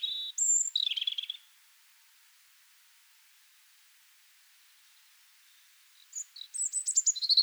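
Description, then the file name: European robin song: a high sliding phrase of thin notes, a quiet gap of several seconds, then another bright, descending warble. "Erithacus rubecula"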